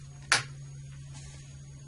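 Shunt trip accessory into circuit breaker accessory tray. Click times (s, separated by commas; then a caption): 0.3 s. A shunt trip accessory for a Series NRX circuit breaker is tilted backwards into the breaker's left accessory tray, and its other end is pushed down. At 0.3 s a single sharp snap rises from a steady low hum, showing the shunt trip is locked in position. After the snap only the hum continues, with a faint rustle around 1.2 s.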